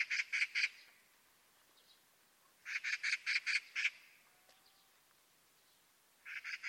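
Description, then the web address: Bird calls in short bursts of several harsh, buzzy notes, each burst separated by roughly two to three seconds of near silence. "cianscape birddata Deverinetal"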